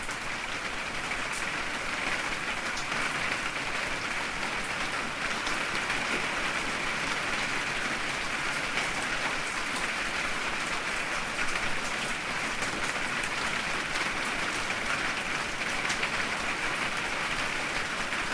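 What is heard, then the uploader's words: Steady, dense rainfall patters down without a break, a hissing wash of countless drops that sounds almost like applause. The sound is bright and even, holding the same level throughout, with occasional sharper drop hits standing out from the constant downpour. Sounds from a rainy evening in Denmark.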